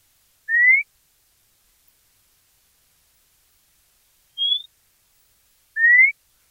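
White monjita call: a brief upslurred whistle, then a higher short whistle after a long pause, and another upslurred whistle soon after, in complete silence.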